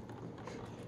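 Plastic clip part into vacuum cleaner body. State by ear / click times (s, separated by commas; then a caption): not seated / none. A plastic clip part is pushed into the body of a Hoover bagless vacuum cleaner, with soft plastic knocks at about 0.1 s and 0.5 s over a steady background hiss. The part does not snap in and nothing has clicked or latched; it has cracked and broken.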